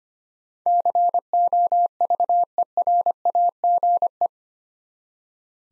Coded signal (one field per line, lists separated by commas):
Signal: Morse code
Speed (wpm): 25 wpm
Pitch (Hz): 700 Hz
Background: none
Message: COVERAGE